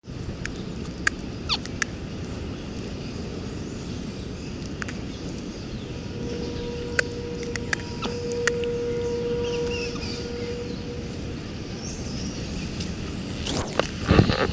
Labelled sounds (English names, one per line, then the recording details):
Reeves' Muntjac
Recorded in captivity
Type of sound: dental sound, call
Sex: male
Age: adult
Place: Zoo Leipzig, Sachsen, DE
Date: 1969-09-22 17:50
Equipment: Uher 4200 Report-S, Tesla Verstärker, Sennheiser MD 421, Doppelspuraufnahme
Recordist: Tembrock, Günter
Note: Männchen: Zahngeräusche und helle Kurzlaute, zum Gitter (Beobachter) kommend, auch Kopfsenken. Abstand: 1-2 m